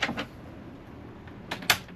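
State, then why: Seated. A plywood drawer on heavy-duty locking sliders in a Mitsubishi Delica L400 van cabinet is pulled out one-handed, with a pair of short rattling bursts at the start, a quiet stretch, then a scrape at about 1.5 s. A sharp, loud click at 1.7 s marks the slider latching and locking the drawer in the extended position.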